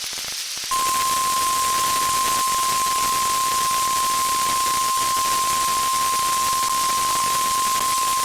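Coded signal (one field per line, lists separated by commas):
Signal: Emergency Alert System (SAME) tones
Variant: 1050 Hz attention tone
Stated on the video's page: Severe Thunderstorm Warning received from NOAA Weather Radio station KXI94.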